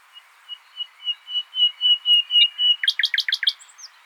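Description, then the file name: Common nightingale song, a run of pure whistled notes swelling steadily louder, then cut off by a rapid, throaty trill of hard notes. "Luscinia megarhynchos"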